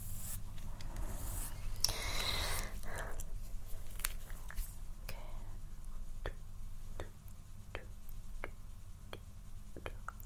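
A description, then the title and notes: Hair brushing and handling, with soft bristly sweeps early on, the loudest swipe near the two-second mark. After that come short crisp strokes and ticks at a fairly regular pace, over a steady low hum. Hair Massage Hair Brushing, Personal Attention, Layered Sounds.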